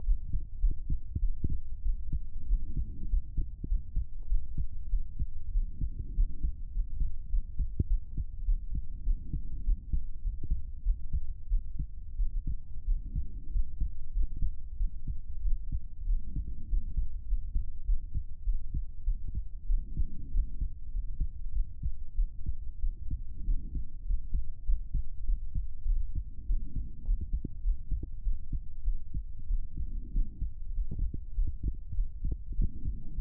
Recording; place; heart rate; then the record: heart sounds by stethoscope; pulmonary valve (PV); 98 bpm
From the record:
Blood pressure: 111/71 mmHg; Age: 29 years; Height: 153 cm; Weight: 43 kg